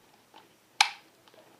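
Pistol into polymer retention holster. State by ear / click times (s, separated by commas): seated / 0.8 s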